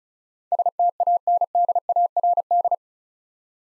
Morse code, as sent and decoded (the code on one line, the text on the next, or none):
... - .- -. -.. .- .-. -..
STANDARD